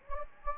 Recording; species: mosquito wingbeat signal from an infrared sensor; Anopheles gambiae